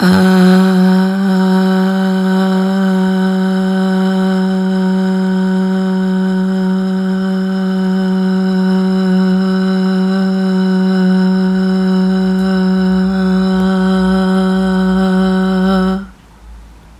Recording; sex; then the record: sustained vowel /a/; female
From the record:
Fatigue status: no fatigue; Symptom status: symptomatic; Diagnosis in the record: COVID-19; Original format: m4a